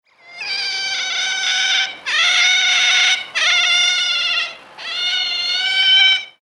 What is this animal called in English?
European Otter